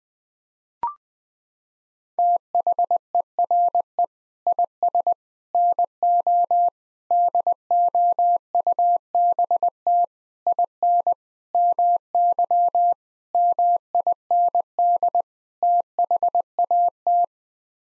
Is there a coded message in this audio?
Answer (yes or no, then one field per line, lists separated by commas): yes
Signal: Morse code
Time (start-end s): 2.2-17.2 s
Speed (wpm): 20 wpm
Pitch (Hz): 700 Hz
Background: none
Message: THERE IS NO DOUBT IN MY MIND THAT